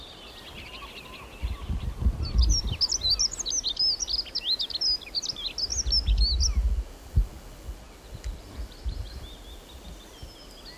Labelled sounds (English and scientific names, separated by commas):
Dunnock (Prunella modularis) song